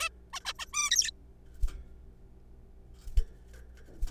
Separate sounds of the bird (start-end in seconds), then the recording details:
0.01-0.09, 0.33-0.40, 0.45-0.53, 0.59-0.65, 0.73-0.90, 0.91-1.11. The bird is a juvenile. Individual R3428